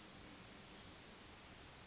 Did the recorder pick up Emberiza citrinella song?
no